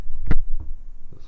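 A plastic panel on a transforming robot figure is raised until it locks into place with a sharp click at 0.3 s. A softer knock follows at 0.6 s over a low background hum.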